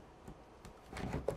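An Anton Bauer digital V-mount lithium-ion camera battery is handled and slid toward an Anton Bauer dual charger plate, with faint taps near 0.3 and 0.65 seconds, then a louder scraping slide from about 1.0 second and a short sharp tick near 1.3 seconds. The clip ends just before the battery latches, so nothing has seated or clicked yet.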